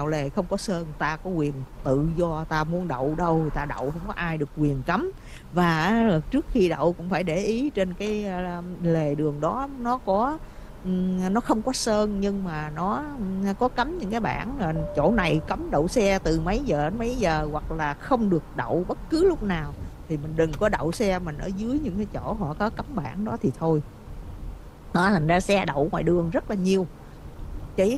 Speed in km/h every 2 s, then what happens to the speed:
40, 32, 27, 27, 39, 45, 50, 53, 53, 53, 55, 58, 58, 58.
0-3 brakes to 27. 6-14 speeds up to 53. 14-28 steady at about 55.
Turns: 2-8.